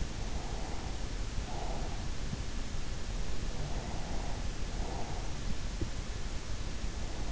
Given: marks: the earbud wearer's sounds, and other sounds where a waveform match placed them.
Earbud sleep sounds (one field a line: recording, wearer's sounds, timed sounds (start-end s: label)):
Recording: sounds in sleep by an in-ear microphone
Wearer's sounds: breath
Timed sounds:
0.06-2.24 s: breath
3.41-5.49 s: breath